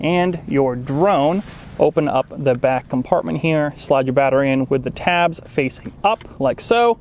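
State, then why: Not seated. A flight battery is slid, tabs facing up, into the opened rear battery compartment of a DJI Mavic Mini folding drone while someone talks throughout. No click or impact stands out, and the battery has not yet seated or clicked into place.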